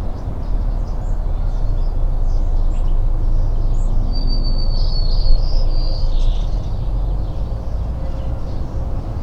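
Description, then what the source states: Bird song as a short, bright trill with a whistled lead-in midway through, over constant heavy rain noise and scattered faint chirps. Morning birdsong recorded in rain at Richland, Washington, on 17 April 2008.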